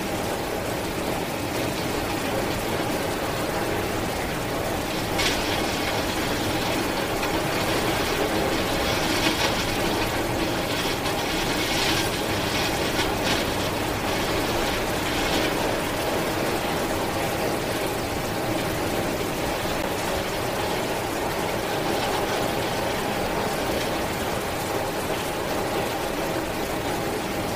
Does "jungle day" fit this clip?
no